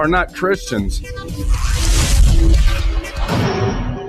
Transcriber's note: fire blazes; thunder claps